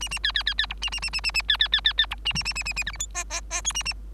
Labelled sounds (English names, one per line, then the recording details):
Bengalese Finch song
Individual Bird3